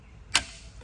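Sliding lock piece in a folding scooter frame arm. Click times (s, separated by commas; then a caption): 0.4 s. The sliding lock piece in the folding frame arm of a Honda Motocompacto scooter is pushed in, going into the case to lock the arm. A single sharp click is heard at 0.4 s against a quiet background. The lock is seated, and the arm is solid with no free play.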